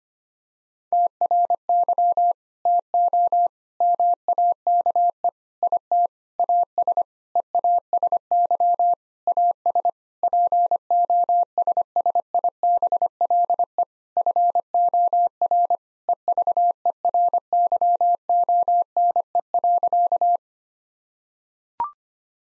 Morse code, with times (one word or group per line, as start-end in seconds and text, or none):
0.9-2.3 TRY
2.7-3.5 TO
3.8-5.3 MAKE
5.6-6.1 IT
6.4-7.0 AS
7.4-8.9 EASY
9.3-9.9 AS
10.2-13.8 POSSIBLE
14.2-15.8 FOR
16.1-20.4 EVERYONE.